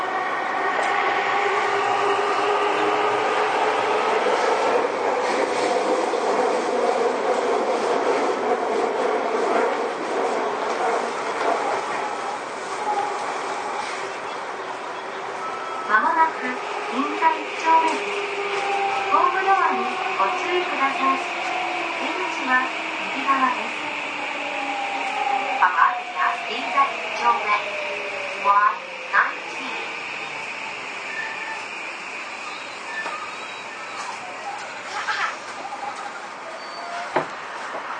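A Seibu 6000 series train runs with a steady rumble and layered motor whine. From about 15 seconds the whine pitches slowly downward as the train slows, while irregular clicks and knocks from the wheels punctuate the second half, with a faint voice under the noise.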